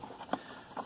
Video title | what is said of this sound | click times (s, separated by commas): How to install new roof rails on a 2017 Honda Pilot | just put it right in the holes and it just pops | 0.3 s